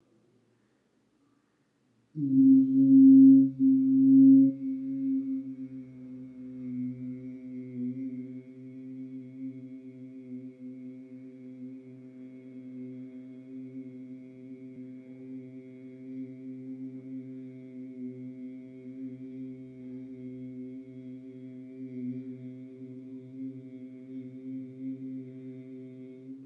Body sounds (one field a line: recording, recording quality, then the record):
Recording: sustained vowel as in beet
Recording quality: excellent, no background noise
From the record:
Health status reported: healthy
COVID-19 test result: negative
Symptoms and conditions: cough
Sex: male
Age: 34 years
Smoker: not ticked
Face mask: not worn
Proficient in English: yes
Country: India